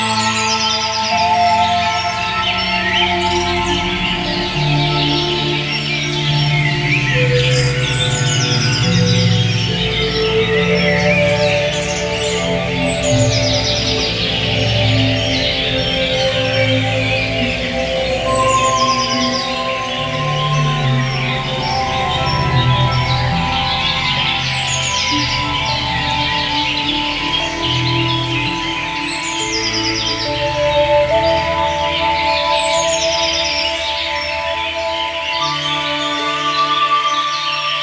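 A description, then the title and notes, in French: Spring birdsong with prepared synthesizers: sustained synth tones hold steady lines through the low and middle range while chirps and trills flicker constantly above. A continuous rush of the Kolbenfecht river fills the background, and the overall level stays even throughout. Variations pour synthétiseurs préparés et oiseaux du printemps. Dans les petits bois qui entoure mon lieu de vie et de création à Mittlach.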